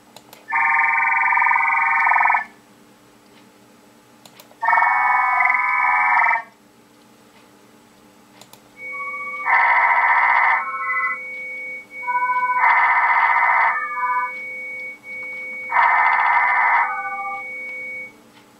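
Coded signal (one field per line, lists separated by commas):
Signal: digital SSTV (DRM)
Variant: HamDRM OFDM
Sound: five short bursts of dense buzzing multi-tone chord, separated by brief gaps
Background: low hum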